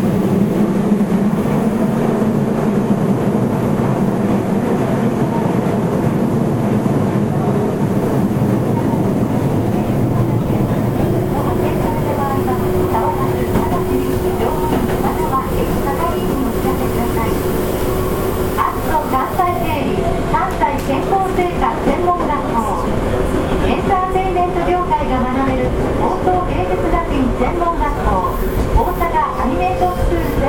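An Osaka subway 66 series train runs with a steady, dense rumble and rattle throughout. Around the eleventh second a sustained tone rises in, and from about eighteen seconds a brighter whine with wavering pitch layers over the rolling noise, suggesting motor sound as speed changes.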